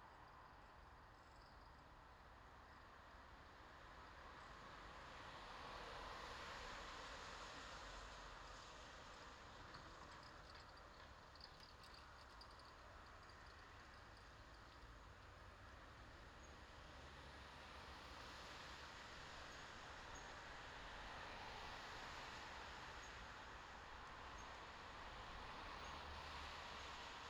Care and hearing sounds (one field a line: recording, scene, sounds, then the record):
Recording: everyday scene through a hearing-aid microphone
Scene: in traffic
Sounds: traffic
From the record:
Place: bus stop on a city main road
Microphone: in the ear canal, left